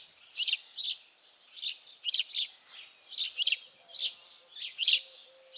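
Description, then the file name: House sparrow chirping: bright, high chirps, some in pairs or small clusters, repeated steadily against an otherwise quiet background. "Passer domesticus"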